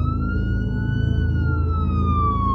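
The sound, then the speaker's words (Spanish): A police siren wails in the distance in a slow, sustained tone that rises slightly and then glides downward, held steadily over a constant low rumble of traffic. “A lo lejos, se oyó una sirena de policía.”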